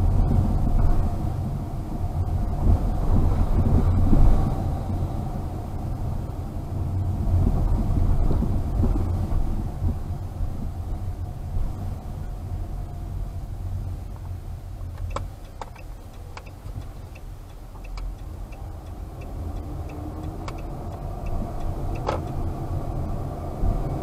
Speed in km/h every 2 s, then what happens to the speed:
23, 24, 24, 23, 20, 17, 14, 9, 6, 8, 15, 22.
0-5 steady at about 24. 5-17 slows to 6. 17-24 speeds up to 22.